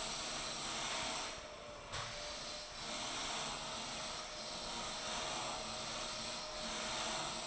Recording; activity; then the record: daily activity, microphone in the room; vacuum cleaning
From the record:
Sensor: 5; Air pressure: 1002.1 hPa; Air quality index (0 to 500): 211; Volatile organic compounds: 21 ppm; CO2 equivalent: 2737 ppm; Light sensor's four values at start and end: 10/24/10/11 and 10/24/10/11